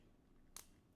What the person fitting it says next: they just click right in.